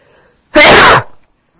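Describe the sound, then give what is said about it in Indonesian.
A single loud, explosive sneeze bursts out abruptly during a religious lecture on Sirah Nabawiyah, a broad harsh blast lasting about half a second before trailing off into quiet, with no talking over it. “Alhamdulillah.”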